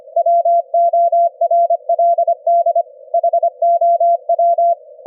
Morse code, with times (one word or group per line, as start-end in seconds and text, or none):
0.2-2.8 WORLD
3.1-4.7 HOW